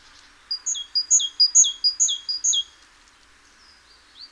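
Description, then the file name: Great tit delivering one quick run of bright, see-sawing two-note phrases lasting about two seconds, then falling quiet apart from a few faint notes. "Parus major"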